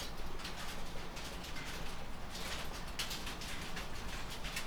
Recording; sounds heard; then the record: poultry house recording; healthy chickens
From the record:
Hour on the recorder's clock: 12